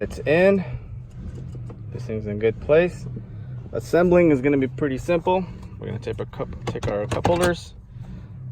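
Someone talks while handling a cup holder insert that is about to be dropped into the center console, with faint handling noises under the speech. Nothing has seated or clicked yet; the clip ends just before the insert goes home.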